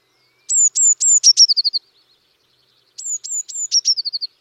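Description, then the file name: Eurasian blue tit calling twice: several very high whistled notes that each fall, then run into a quick descending trill, the phrase repeated after a pause. "Cyanistes caeruleus"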